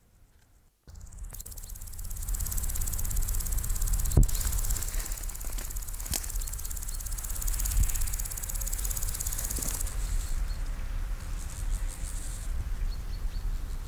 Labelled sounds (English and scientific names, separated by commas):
Common Green Grasshopper (Omocestus viridulus) stridulation